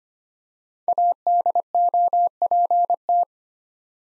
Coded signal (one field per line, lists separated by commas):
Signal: Morse code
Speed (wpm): 25 wpm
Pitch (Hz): 700 Hz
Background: none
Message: ADOPT